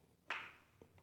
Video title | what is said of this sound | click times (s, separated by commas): Garage Makeover Part 6 Swisstrax Flooring Install | see way it snaps in place | 0.3 s